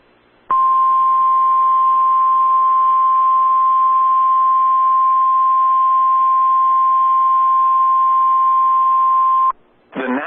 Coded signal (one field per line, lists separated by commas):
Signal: Emergency Alert System (SAME) tones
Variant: 1050 Hz attention tone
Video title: EAS #91 Tornado Warning On NWR